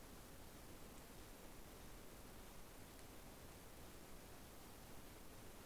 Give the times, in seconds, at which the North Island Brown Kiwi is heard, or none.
none